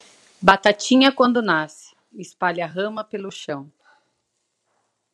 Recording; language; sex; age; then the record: short text; Brazilian Portuguese; female; 40 to 49 years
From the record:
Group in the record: control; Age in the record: 40 years